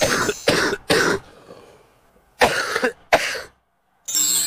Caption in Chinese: 我们老痰的患者咳起来的话，甚至是你可以看到他， 弓背这样子弯腰，甚至是捶胸都咳不出来，啊，咳完之后的话觉得腰酸啊乏力。 他咳得非常的就是厉害，可能都咳不出几口痰，就很费劲。痰黏量少， 咳声肯定还要再往里了，更加厚重。 往往就是有怕冷啊，有一些呢可能会伴有水肿。那么因为肾亏嘛，他有的时候晚上的夜尿会增多。 因为他本身病根子还是肾阳虚。